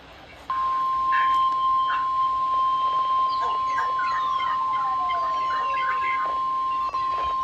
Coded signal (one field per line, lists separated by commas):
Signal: Emergency Alert System (SAME) tones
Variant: 1050 Hz attention tone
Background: speech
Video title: SEABREEZE INSANITY 10 - EAS Alerts From 7/20/25 - 7/23/25 (EAS #4409-4439)